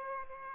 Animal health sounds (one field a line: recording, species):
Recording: mosquito wingbeat signal from an infrared sensor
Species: Aedes aegypti